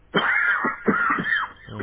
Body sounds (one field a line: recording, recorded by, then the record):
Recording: voluntary cough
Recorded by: telephone call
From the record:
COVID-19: positive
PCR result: checked with the laboratory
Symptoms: yes